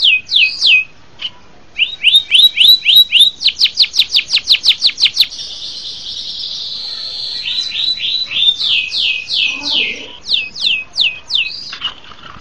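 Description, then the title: Bird song mixing quick high chirps, a fast rattling series of sharp notes, a sustained buzzy tone, then downward-swept whistles. "LuckyKumpulan SuaraBurung"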